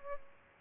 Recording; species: mosquito wingbeat signal from an infrared sensor; Aedes albopictus